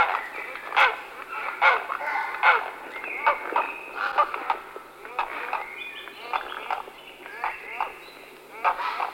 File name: Fiskehejre